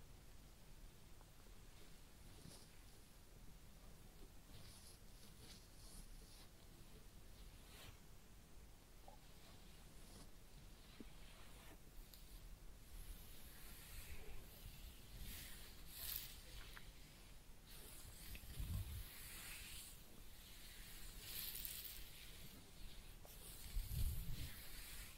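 Head massage and ear cleaning: soft rubbing and scratching strokes come in uneven bursts, quiet at first and growing busier and brighter after the midpoint. A few dull low bumps land near nineteen and twenty-four seconds, under a faint steady hiss.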